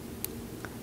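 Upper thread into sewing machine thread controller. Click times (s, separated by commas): 0.2 s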